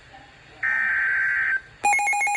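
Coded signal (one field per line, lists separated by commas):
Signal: Emergency Alert System (SAME) tones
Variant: header bursts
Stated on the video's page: Severe thunderstorm warning received on NOAA weather radio.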